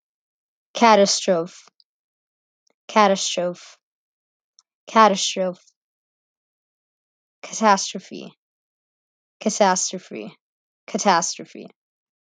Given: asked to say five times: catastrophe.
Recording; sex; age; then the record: repeated word; female; 20 to 29 years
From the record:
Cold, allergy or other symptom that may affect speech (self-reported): no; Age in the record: 21 years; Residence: California, United States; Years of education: 15